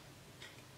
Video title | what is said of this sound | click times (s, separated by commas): HOW TO: Keyboard Repair / Change Keyboard Layout - Replace Keys @ HP Probook [English] | clicked again and now the key is back on the keyboard and works pretty good just | 0.4 s